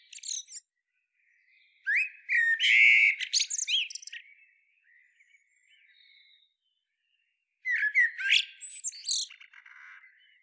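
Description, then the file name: Common blackbird singing melodious low whistles mixed with high, strained twittering notes, in separate phrases with gaps between. "Turdus merula"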